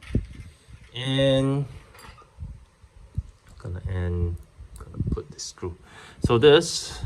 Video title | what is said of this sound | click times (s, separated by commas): Hachette Mazinger Z Vol.70 Review | finishing touch you see that very nice click | 0.2 s